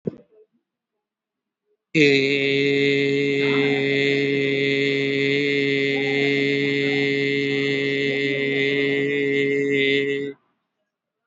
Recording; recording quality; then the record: sustained vowel as in made; excellent, no background noise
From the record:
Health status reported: exposed to COVID-19, no respiratory illness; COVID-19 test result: negative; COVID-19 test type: RT-PCR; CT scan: taken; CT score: 1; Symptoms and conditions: none ticked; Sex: male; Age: 30 years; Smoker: no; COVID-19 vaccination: one dose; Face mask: worn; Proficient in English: yes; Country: India